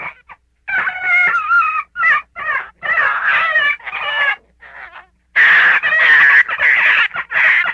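Gray fox calling in strained, wavering yelps and short barks, irregularly spaced, with a louder, rougher run of calls in the final seconds.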